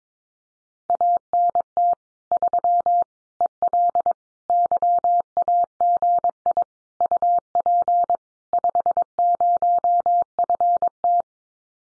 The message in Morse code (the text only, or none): ANT 3 EL YAGI UP 50FT